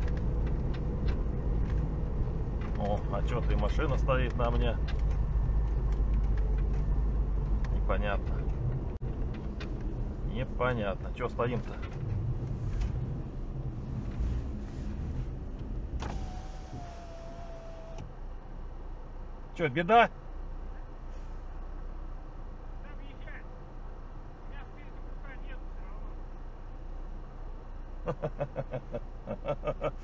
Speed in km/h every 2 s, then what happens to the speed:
18, 17, 18, 17, 16, 16, 15, 11, 11, 5, 0, 0, 0, 0, 0.
0-11 steady at about 17. 11-20 slows to 0. 20-30 standing.